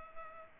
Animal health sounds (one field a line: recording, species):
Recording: mosquito wingbeat signal from an infrared sensor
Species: Culex pipiens